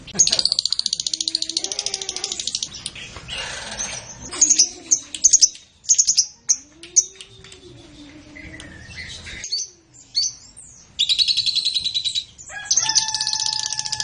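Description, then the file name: Lovebird chirping: bright, varied chirps and fast buzzy chatter bursts, broken by short pauses and a few softer, lower notes. Blue colour variety. "lovebird blue reg omkicau"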